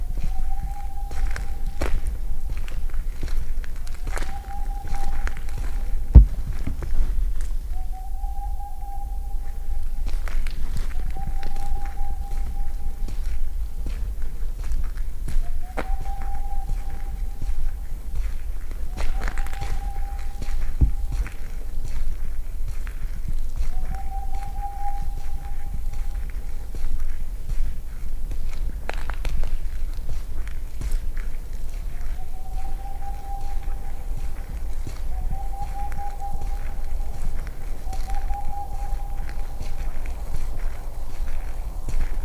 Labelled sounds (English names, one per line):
Boreal Owl